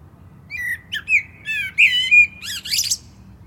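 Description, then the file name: Common blackbird song: a full phrase of clear, mellow fluted notes that closes with a burst of high, scratchy squeaks. "Turdus merula"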